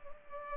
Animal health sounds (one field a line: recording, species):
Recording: mosquito wingbeat signal from an infrared sensor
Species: Culex pipiens